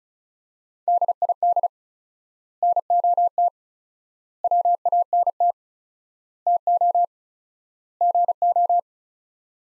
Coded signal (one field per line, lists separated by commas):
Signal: Morse code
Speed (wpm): 34 wpm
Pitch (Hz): 700 Hz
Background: none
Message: DID NOT WANT TO GO